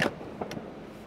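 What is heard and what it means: A Tesla V4 Supercharger charging plug is pushed toward the charging port of a Mercedes EQS 450+. A sharp knock is heard at 0.0 s, followed by two quieter taps at 0.4 s and 0.5 s over a low background hum. Nothing has seated or clicked yet; the plug is still being handled and has not locked into the port.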